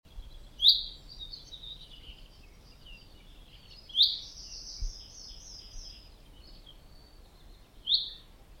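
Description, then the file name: Common chaffinch calls: three short, sharp high notes spaced several seconds apart, over steady background noise. "Fringilla coelebs"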